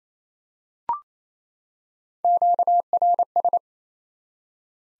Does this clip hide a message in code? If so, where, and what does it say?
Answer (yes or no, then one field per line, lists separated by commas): yes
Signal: Morse code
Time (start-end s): 2.2-3.6 s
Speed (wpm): 28 wpm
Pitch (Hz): 700 Hz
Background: none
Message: QRS